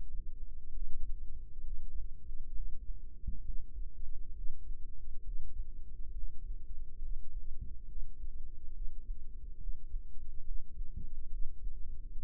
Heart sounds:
heart sounds by microphone in the right ear; 68 bpm
0.67 s: heartbeat
1.58 s: heartbeat
2.49 s: heartbeat
3.39 s: heartbeat
4.29 s: heartbeat
5.19 s: heartbeat
6.09 s: heartbeat
6.96 s: heartbeat
7.83 s: heartbeat
8.68 s: heartbeat
9.54 s: heartbeat
10.39 s: heartbeat
11.25 s: heartbeat
12.10 s: heartbeat
From the record:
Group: healthy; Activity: Valsalva maneuver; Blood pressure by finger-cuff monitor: 92/57 mmHg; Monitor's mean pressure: 70 mmHg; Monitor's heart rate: 67 bpm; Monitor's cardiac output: 5.6 L/min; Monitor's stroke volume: 83 mL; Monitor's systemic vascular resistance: 880 dyn s/cm5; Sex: female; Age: 26 years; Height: 165 cm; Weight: 55 kg

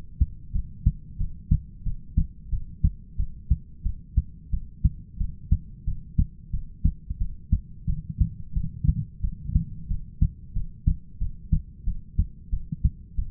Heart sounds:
heart sounds by stethoscope; 90 bpm
0.53 s: heartbeat
1.18 s: heartbeat
1.84 s: heartbeat
2.51 s: heartbeat
3.17 s: heartbeat
3.84 s: heartbeat
4.51 s: heartbeat
5.19 s: heartbeat
5.86 s: heartbeat
6.52 s: heartbeat
7.19 s: heartbeat
7.87 s: heartbeat
8.55 s: heartbeat
9.22 s: heartbeat
9.89 s: heartbeat
10.54 s: heartbeat
11.19 s: heartbeat
11.85 s: heartbeat
12.51 s: heartbeat
13.16 s: heartbeat
From the record:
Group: heart failure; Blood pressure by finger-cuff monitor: 104/67 mmHg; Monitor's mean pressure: 80 mmHg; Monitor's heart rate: 90 bpm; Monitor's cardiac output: 7.6 L/min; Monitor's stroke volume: 84 mL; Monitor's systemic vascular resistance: 770 dyn s/cm5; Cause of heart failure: ischemic heart disease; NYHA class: 1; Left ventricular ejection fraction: 38%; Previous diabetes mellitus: present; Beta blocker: bisoprolol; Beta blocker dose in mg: 15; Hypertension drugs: sacubitril-valsartan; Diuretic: furosemide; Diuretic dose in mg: 20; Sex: male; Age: 33 years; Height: 172 cm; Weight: 78.5 kg

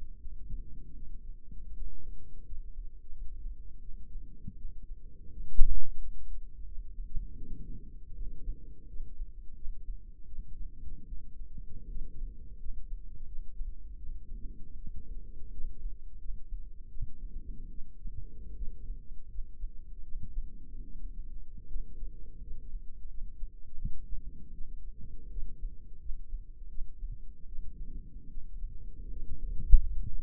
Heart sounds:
heart sounds by microphone in the left ear; 81 bpm
0.20 s: heartbeat
0.96 s: heartbeat
1.75 s: heartbeat
2.46 s: heartbeat
3.13 s: heartbeat
3.82 s: heartbeat
4.57 s: heartbeat
5.33 s: heartbeat
5.99 s: heartbeat
6.66 s: heartbeat
7.36 s: heartbeat
8.15 s: heartbeat
8.88 s: heartbeat
9.56 s: heartbeat
10.27 s: heartbeat
11.07 s: heartbeat
11.89 s: heartbeat
12.60 s: heartbeat
13.27 s: heartbeat
13.98 s: heartbeat
14.77 s: heartbeat
15.52 s: heartbeat
16.20 s: heartbeat
16.90 s: heartbeat
17.71 s: heartbeat
18.56 s: heartbeat
19.30 s: heartbeat
20.04 s: heartbeat
20.85 s: heartbeat
21.68 s: heartbeat
22.42 s: heartbeat
23.09 s: heartbeat
23.78 s: heartbeat
24.54 s: heartbeat
25.31 s: heartbeat
26.00 s: heartbeat
26.70 s: heartbeat
27.47 s: heartbeat
28.30 s: heartbeat
29.10 s: heartbeat
29.81 s: heartbeat
From the record:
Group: healthy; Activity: rest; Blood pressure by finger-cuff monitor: 145/64 mmHg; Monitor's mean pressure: 89 mmHg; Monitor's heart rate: 81 bpm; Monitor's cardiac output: 8.8 L/min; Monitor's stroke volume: 108 mL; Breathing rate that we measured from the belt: 18 breaths a minute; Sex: female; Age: 22 years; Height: 160 cm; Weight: 63 kg

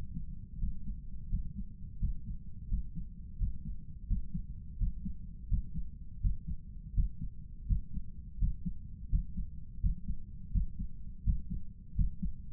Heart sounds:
heart sounds by stethoscope; 84 bpm
0.57 s: heartbeat
1.27 s: heartbeat
1.97 s: heartbeat
2.67 s: heartbeat
3.36 s: heartbeat
4.06 s: heartbeat
4.76 s: heartbeat
5.47 s: heartbeat
6.19 s: heartbeat
6.93 s: heartbeat
7.65 s: heartbeat
8.37 s: heartbeat
9.08 s: heartbeat
9.79 s: heartbeat
10.50 s: heartbeat
11.22 s: heartbeat
11.94 s: heartbeat
From the record:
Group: healthy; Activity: Valsalva maneuver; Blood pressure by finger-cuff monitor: 100/77 mmHg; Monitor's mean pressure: 83 mmHg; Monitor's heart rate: 83 bpm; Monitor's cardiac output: 6.6 L/min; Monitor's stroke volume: 79 mL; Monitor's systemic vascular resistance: 920 dyn s/cm5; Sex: male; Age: 57 years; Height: 188 cm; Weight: 106 kg

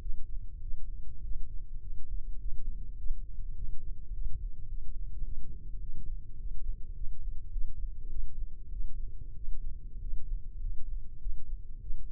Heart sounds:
heart sounds by microphone in the left ear; 102 bpm
0.58 s: heartbeat
1.19 s: heartbeat
1.78 s: heartbeat
2.36 s: heartbeat
2.94 s: heartbeat
3.52 s: heartbeat
4.09 s: heartbeat
4.65 s: heartbeat
5.21 s: heartbeat
5.78 s: heartbeat
6.35 s: heartbeat
6.92 s: heartbeat
7.49 s: heartbeat
8.07 s: heartbeat
8.68 s: heartbeat
9.33 s: heartbeat
9.97 s: heartbeat
10.57 s: heartbeat
11.17 s: heartbeat
11.78 s: heartbeat
From the record:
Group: healthy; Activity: rest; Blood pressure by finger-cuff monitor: 127/88 mmHg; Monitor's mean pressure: 100 mmHg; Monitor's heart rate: 103 bpm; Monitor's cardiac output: 6.9 L/min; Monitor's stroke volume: 67 mL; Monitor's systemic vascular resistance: 1050 dyn s/cm5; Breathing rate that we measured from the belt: 21 breaths a minute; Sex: male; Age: 21 years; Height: 180 cm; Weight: 67.5 kg

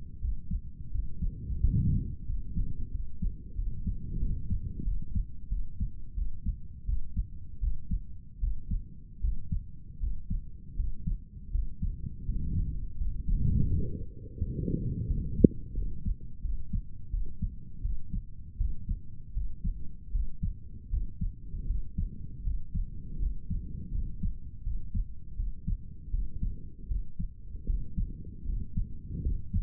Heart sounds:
heart sounds by stethoscope; 83 bpm
0.20 s: heartbeat
0.91 s: heartbeat
1.60 s: heartbeat
2.26 s: heartbeat
2.91 s: heartbeat
3.56 s: heartbeat
4.19 s: heartbeat
4.84 s: heartbeat
5.49 s: heartbeat
6.15 s: heartbeat
6.86 s: heartbeat
7.60 s: heartbeat
8.40 s: heartbeat
9.20 s: heartbeat
9.99 s: heartbeat
10.75 s: heartbeat
11.51 s: heartbeat
12.25 s: heartbeat
12.97 s: heartbeat
13.68 s: heartbeat
14.37 s: heartbeat
15.07 s: heartbeat
15.74 s: heartbeat
16.41 s: heartbeat
17.10 s: heartbeat
17.82 s: heartbeat
18.57 s: heartbeat
19.33 s: heartbeat
20.11 s: heartbeat
20.90 s: heartbeat
21.66 s: heartbeat
22.43 s: heartbeat
23.19 s: heartbeat
23.91 s: heartbeat
24.63 s: heartbeat
25.36 s: heartbeat
26.10 s: heartbeat
26.87 s: heartbeat
27.66 s: heartbeat
28.45 s: heartbeat
29.22 s: heartbeat
From the record:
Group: healthy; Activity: cold pressor test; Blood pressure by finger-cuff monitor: 122/82 mmHg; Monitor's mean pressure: 90 mmHg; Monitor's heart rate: 81 bpm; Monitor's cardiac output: 6.5 L/min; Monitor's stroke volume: 80 mL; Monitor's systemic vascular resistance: 1000 dyn s/cm5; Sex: male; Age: 35 years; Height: 180 cm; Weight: 86.9 kg

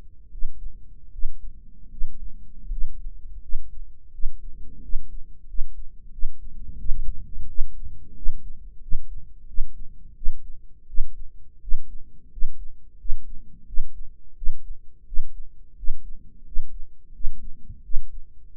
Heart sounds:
heart sounds by microphone in the right ear; 86 bpm
0.30 s: heartbeat
1.11 s: heartbeat
1.90 s: heartbeat
2.70 s: heartbeat
3.41 s: heartbeat
4.12 s: heartbeat
4.82 s: heartbeat
5.47 s: heartbeat
6.11 s: heartbeat
6.78 s: heartbeat
7.48 s: heartbeat
8.15 s: heartbeat
8.81 s: heartbeat
9.47 s: heartbeat
10.15 s: heartbeat
10.87 s: heartbeat
11.61 s: heartbeat
12.30 s: heartbeat
12.98 s: heartbeat
13.66 s: heartbeat
14.35 s: heartbeat
15.05 s: heartbeat
15.76 s: heartbeat
16.45 s: heartbeat
17.13 s: heartbeat
17.83 s: heartbeat
18.53 s: heartbeat
From the record:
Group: healthy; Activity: rest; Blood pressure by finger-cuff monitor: 175/124 mmHg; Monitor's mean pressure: 135 mmHg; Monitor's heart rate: 86 bpm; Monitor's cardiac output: 6.6 L/min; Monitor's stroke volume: 77 mL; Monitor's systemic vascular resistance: 1530 dyn s/cm5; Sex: male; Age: 23 years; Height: 179 cm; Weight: 87 kg

